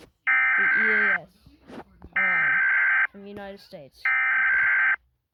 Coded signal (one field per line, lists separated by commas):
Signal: Emergency Alert System (SAME) tones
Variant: header bursts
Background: speech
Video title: Rating EAS Alarms PT1